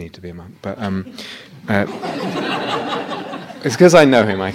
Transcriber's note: laughter